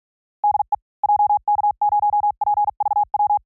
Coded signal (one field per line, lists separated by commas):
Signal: Morse code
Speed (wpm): 48 wpm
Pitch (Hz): 830 Hz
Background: none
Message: DE JK0PVW